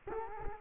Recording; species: mosquito wingbeat signal from an infrared sensor; Culex quinquefasciatus